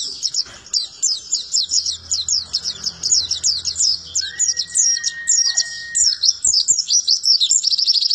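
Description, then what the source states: White-eye song: sustained rapid high twitter of repeated slurred notes, with a long steady whistle in the middle and a low hum early on. Melodious, long song.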